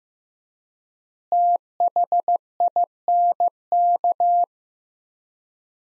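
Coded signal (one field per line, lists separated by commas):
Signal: Morse code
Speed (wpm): 15 wpm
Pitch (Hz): 700 Hz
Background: none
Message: THINK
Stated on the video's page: Practice sentences from the top 200 words at 15 wpm with 4x word spacing, a word-based analogue of Farnsworth spacing.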